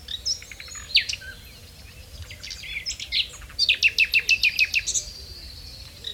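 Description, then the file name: Common nightingale song opening with sharp clicks and short sweeps, then a quick, steady run of several repeated notes, ending with a high whistle. "Luscinia megarhynchos"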